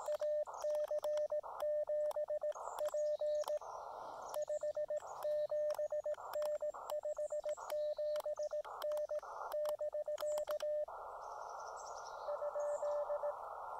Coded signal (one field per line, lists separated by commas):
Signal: Morse code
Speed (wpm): 18 wpm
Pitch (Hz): 590 Hz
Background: radio noise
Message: AC7P 57N57N <BK> ?